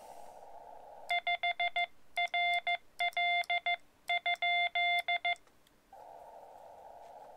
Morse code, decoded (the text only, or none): 5 RL ?